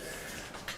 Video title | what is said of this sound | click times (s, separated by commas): Master Automatic Taping and Finishing: TapeTech's ATF Webinar Recap | snaps right into place | 0.7 s